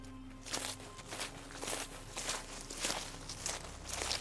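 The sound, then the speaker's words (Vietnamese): Quick footsteps crunch over a road strewn with loose crushed stone in a steady, hurried rhythm, each step a short burst of gritty noise, with a low hum underneath and no voices. “Thế nhưng trên con đường lộn nhộn đầy đá vụn, tiếng bước chân cũng nhanh hơn, cứ lạo xạo ở trên đường.”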